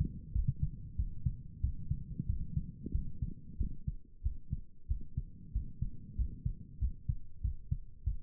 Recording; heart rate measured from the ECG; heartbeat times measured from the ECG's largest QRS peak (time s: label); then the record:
heart sounds by stethoscope; 93 bpm
0.32 s: heartbeat
0.96 s: heartbeat
1.60 s: heartbeat
2.26 s: heartbeat
2.91 s: heartbeat
3.57 s: heartbeat
4.22 s: heartbeat
4.87 s: heartbeat
5.52 s: heartbeat
6.15 s: heartbeat
6.78 s: heartbeat
7.41 s: heartbeat
8.03 s: heartbeat
From the record:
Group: healthy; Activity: rest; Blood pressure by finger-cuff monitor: 104/69 mmHg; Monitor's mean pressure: 78 mmHg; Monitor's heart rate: 94 bpm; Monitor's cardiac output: 7.6 L/min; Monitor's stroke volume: 81 mL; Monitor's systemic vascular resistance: 760 dyn s/cm5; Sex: male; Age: 19 years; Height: 178 cm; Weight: 83 kg